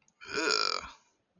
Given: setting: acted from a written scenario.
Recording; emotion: vocal sound without words; disgust